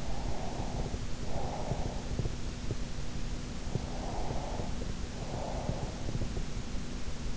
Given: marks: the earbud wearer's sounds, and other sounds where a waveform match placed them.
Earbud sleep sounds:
sounds in sleep by an in-ear microphone; breath
0.00-2.06 s: breath
3.86-6.12 s: breath

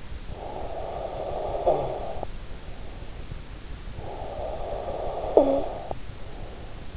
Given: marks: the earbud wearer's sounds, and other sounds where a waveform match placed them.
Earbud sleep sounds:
sounds in sleep by an in-ear microphone; snoring breath
0.08-2.63 s: snoring breath
3.79-6.97 s: snoring breath

